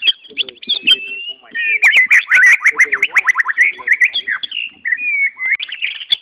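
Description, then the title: White-rumped Shama singing a rapid run of bright, slurred whistles and chattering notes, with a few clicking sounds mixed in near the start. "murai batu"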